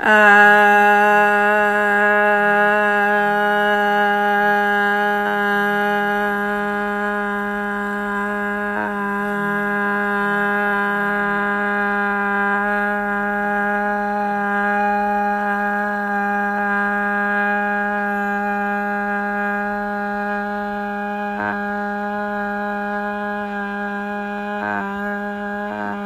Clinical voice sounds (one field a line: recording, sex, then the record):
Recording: sustained vowel /a/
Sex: female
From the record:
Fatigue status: no fatigue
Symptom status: asymptomatic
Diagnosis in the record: COVID-19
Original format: m4a